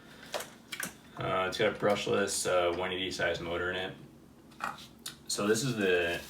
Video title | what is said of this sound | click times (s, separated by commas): How to Convert Guillow's Cessna 170 to R/C - Full Build Video | this is a magnetic cover that just kind of snaps right in place on the top there | 0.3 s, 0.7 s